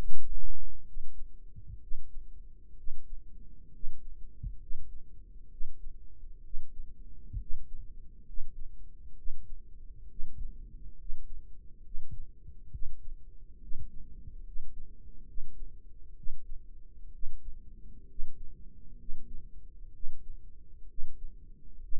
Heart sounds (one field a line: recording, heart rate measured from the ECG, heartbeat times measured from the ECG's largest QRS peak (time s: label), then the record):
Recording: heart sounds by microphone in the right ear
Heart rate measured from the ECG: 66 bpm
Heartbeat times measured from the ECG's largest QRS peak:
0.86 s: heartbeat
1.81 s: heartbeat
2.77 s: heartbeat
3.73 s: heartbeat
4.60 s: heartbeat
5.50 s: heartbeat
6.43 s: heartbeat
7.40 s: heartbeat
8.26 s: heartbeat
9.17 s: heartbeat
10.09 s: heartbeat
10.98 s: heartbeat
11.84 s: heartbeat
12.72 s: heartbeat
13.61 s: heartbeat
14.45 s: heartbeat
15.27 s: heartbeat
16.16 s: heartbeat
17.13 s: heartbeat
18.09 s: heartbeat
18.99 s: heartbeat
19.93 s: heartbeat
20.88 s: heartbeat
21.82 s: heartbeat
From the record:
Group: healthy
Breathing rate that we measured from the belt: 17 breaths a minute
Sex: male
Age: 30 years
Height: 188 cm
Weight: 110.2 kg